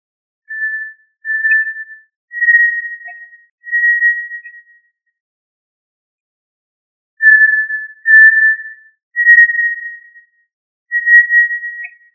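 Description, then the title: Tinamou whistled call: a series of four pure, steady whistles, pitch stepping slightly upward through the series, repeated after a pause of a few seconds; no other sounds. "Familia Tinamidae - Quail - Puyuh"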